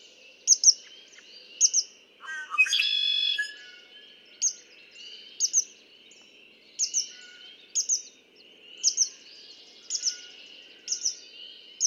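Red-winged blackbird song: low introductory notes, then one harsh buzzing trill lasting about a second, among high paired chips repeated roughly once a second and a steady insect-like hum.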